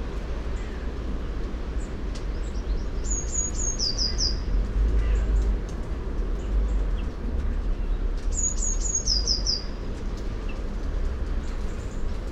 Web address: SETE data Cyanistes caeruleus